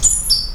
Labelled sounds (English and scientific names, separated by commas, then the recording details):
Stitchbird (Notiomystis cincta) song
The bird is a male
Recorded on Tiritiri Matangi Island, New Zealand, in 2005
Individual 20, of nest box 28